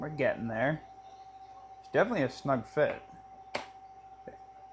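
A snug-fitting Tapp Airsoft KC02 hybrid HPA unit is pushed into an airsoft lower receiver while someone talks. A single sharp snap is heard at 3.6 seconds, and the unit seats pretty much fully in place.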